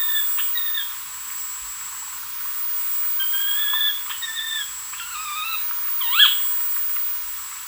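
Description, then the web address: Greater Scythebill calling with spaced whistled notes, short level and gently falling phrases, then one sharp, abrupt rising note, against steady background hiss. Recorded in Ecuador. "Birds of Ecuador 2. Greater Scythebill"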